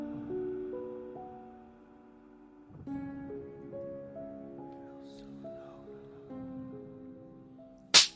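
Soft melodic music plays with sustained tones, then a single loud, sharp slap to the face cracks out and cuts off abruptly: a man hard-slapping his pregnant wife in a small house on the coast.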